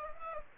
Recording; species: mosquito wingbeat signal from an infrared sensor; Aedes aegypti